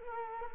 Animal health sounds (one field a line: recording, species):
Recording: mosquito wingbeat signal from an infrared sensor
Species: Culex quinquefasciatus